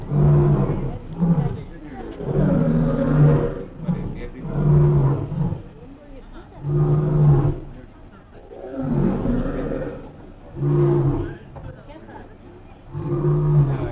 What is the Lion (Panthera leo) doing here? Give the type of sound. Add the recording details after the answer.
call. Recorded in captivity. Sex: male. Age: adult. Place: Tierpark Berlin, Berlin, DE. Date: 1959-08-20 18:15. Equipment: Reporter (Vollspur). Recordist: TSA. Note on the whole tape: Rufreihen (sechsmal) vom Luchskäfig aus aufgenommen. Abstand 20 m. Aufnahmezeit: 18.15-19.20